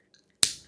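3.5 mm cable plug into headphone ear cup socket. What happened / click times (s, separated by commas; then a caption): The small plug clicked into its socket / 0.4 s. A second standard 3.5 mm cable connector is plugged into the other ear cup socket of a pair of SIVGA Peng closed-back headphones with a replaceable cable. After a few faint small ticks, a single sharp, bright click rings out at 0.4 s and quickly fades. The connector seats with a firm click.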